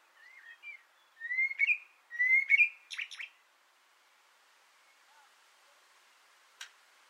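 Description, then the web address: Common blackbird song: mellow fluted whistled phrases rising and falling, ending in a burst of high squeaky twitters, then quiet with one sharp click. Singing from an antenna, recorded 6 June 2025. "sammel Naturinspelningar Koltrast på antennen 2025 06 06"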